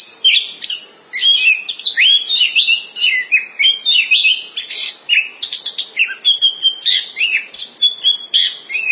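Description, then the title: Thrush singing a lively medley of high whistles, chirps and quick slurred notes, delivered in a steady torrent of short, varied phrases. "burung anis x"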